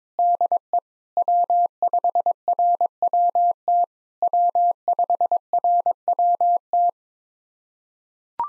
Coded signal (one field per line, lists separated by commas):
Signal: Morse code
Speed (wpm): 22 wpm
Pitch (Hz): 700 Hz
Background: none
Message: DE W5RWT W5RWT